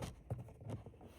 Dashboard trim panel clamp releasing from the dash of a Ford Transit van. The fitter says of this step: can hear it pop up. Nice rewarding little snap.